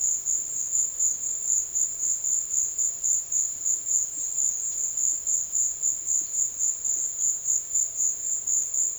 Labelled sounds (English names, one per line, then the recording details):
none
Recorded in secondary vegetation near Puerto Asís, Putumayo, Colombia, on 8 March 2025 at 14:30
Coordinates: 0.488, -76.319
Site G095